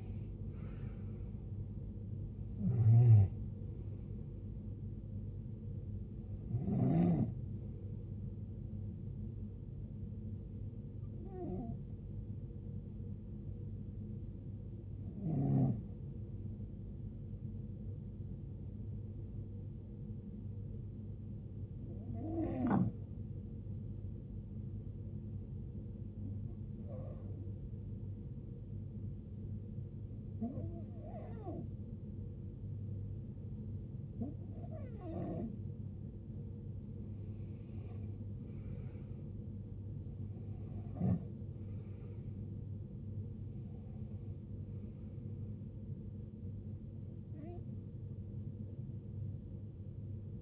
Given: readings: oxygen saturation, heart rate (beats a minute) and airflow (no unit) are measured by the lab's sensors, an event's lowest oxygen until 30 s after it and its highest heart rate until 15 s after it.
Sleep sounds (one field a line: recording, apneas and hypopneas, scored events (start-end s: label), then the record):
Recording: breathing in sleep by a smartphone at the bedside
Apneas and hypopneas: 1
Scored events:
2.00-32.00 s: new sleep stage, N1 (lightest sleep)
20.00-39.70 s: hypopnea (N1, oxygen 94% highest, then 87% lowest, heart rate 64 at the start, 74 highest)
32.00-50.42 s: new sleep stage, N2 (light sleep)
From the record:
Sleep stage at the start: N2 (light sleep)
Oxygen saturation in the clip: 81 to 94%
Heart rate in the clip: 51 to 74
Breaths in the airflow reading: 13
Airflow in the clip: -16.9 to 15.5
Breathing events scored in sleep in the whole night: 389 in 6.3 hours asleep